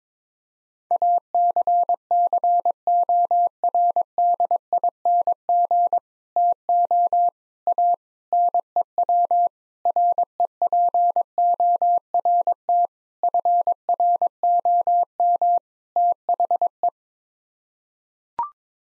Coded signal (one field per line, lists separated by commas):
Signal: Morse code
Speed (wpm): 22 wpm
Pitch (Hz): 700 Hz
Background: none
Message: ACCORDING TO A NEW REPORT FROM THE